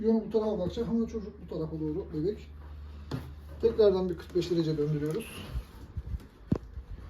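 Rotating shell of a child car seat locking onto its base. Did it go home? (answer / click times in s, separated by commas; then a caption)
no / none. Someone talks while turning the rotating shell of a Yoyko Bear 360 child car seat another 45 degrees on its ISOFIX base. A few brief knocks and handling sounds are heard, but the rotation lock has not clicked home and nothing has seated yet.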